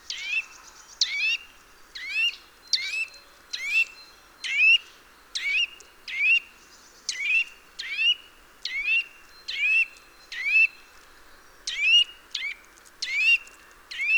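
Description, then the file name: Eurasian nuthatch giving a long run of harsh, upward-sweeping call notes, about one a second, sometimes doubled. "Sitta europaea"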